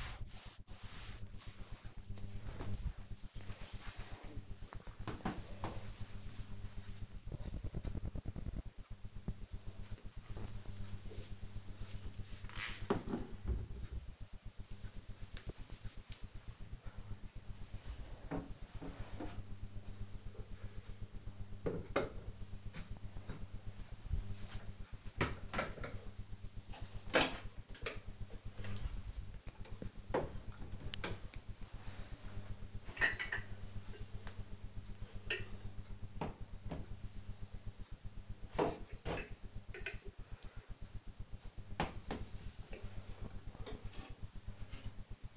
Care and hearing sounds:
household activities, microphone on the right wrist
none

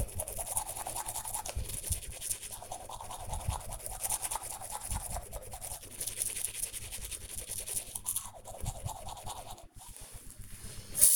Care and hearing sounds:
household activities, microphone on the right wrist
0.00-11.16 s: brushing teeth

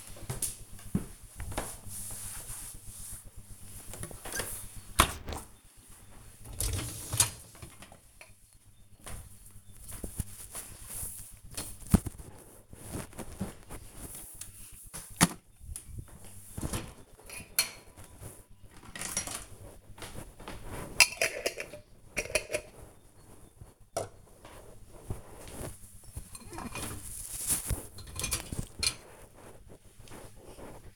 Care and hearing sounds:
household activities, microphone on the right wrist
2.39-30.96 s: cleaning out the dishwasher

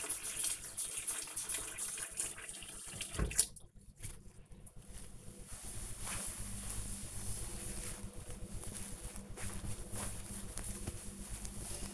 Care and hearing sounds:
household activities, microphone on the right wrist
0.00-2.91 s: washing dishes

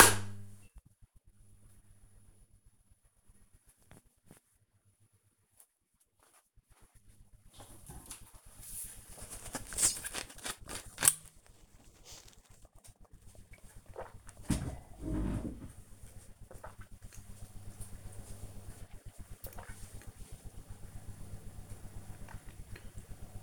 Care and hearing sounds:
household activities, microphone on the right wrist
10.12-23.43 s: drinking

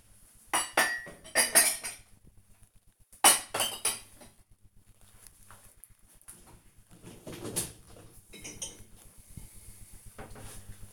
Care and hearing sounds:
household activities, microphone on the right wrist
0.00-10.93 s: cleaning out the dishwasher

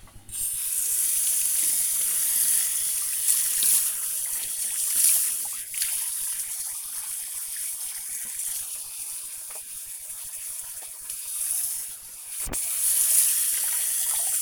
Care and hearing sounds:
household activities, microphone on the right wrist
0.00-14.41 s: washing hands

